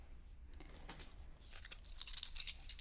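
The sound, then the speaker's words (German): A few soft clicks and rustles of rummaging, then a bunch of keys for security doors jingles with bright, metallic clinks in quick bursts. Fairly quiet, with no one speaking. “Sie sind im Besitz solcher Schlüssel? Natürlich. Warten Sie.”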